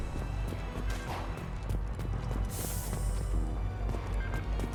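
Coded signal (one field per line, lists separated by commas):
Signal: none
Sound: a game's sound effects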